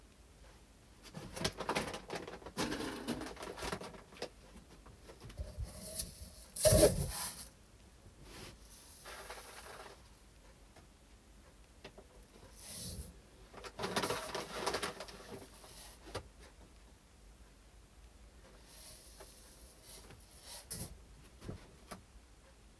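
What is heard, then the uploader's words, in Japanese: Rice is weighed and poured into paper rice bags, heard as irregular bursts of rustling, sliding grain and handling noise separated by quiet pauses. The loudest moment is a sharp clatter about seven seconds in, with further busy stretches around 13–16 and 21 seconds. 環境音 お米出荷準備(点検)。重さを測り、紙の米袋に入れていきます。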